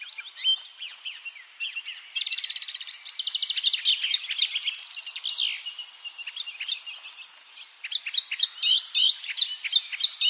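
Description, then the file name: Eurasian blackcap warbling song: rapid chattering phrases, a fast rattling trill near two seconds, then varied chirps and twitters continuing to the end. "Sylvia atricapilla"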